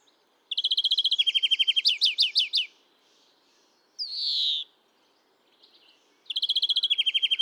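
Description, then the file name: European greenfinch song: a buzzy rattling trill into ringing chirps, then one long wheezy downslurred note, and a fresh trill starting near the end. "Chloris chloris"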